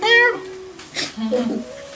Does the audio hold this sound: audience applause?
no